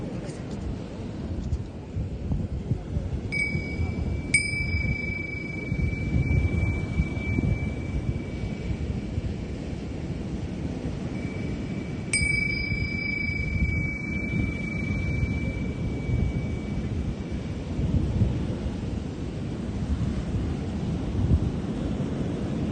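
Singing bowl strikes ring out over a steady, dense low rumble. Bright bell-like tones sound at about 3 and 4 seconds and again near 12 seconds, each humming on and slowly fading over several seconds. The deep rushing background stays constant throughout.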